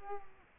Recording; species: mosquito wingbeat signal from an infrared sensor; Culex quinquefasciatus